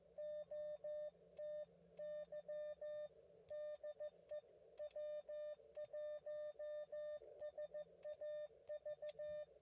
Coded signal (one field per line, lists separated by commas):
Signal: Morse code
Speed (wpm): 14 wpm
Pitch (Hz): 590 Hz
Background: none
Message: OTY DE W1SAV